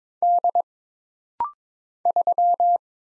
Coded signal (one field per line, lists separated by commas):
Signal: Morse code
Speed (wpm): 22 wpm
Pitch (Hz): 700 Hz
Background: none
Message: D 3